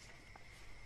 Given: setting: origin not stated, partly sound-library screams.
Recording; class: one-second piece from a danger detection set; normal situation